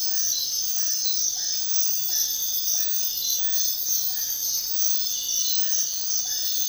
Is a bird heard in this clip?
no